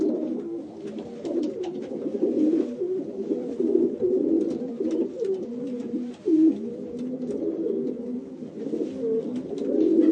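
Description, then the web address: Pigeon coos continuously, low and rolling, with brief clicks and scratchy noises and a sudden louder coo in the middle. "sound bird-pigeon"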